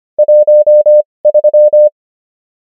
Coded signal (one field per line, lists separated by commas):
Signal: Morse code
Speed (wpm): 25 wpm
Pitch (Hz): 600 Hz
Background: none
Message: 13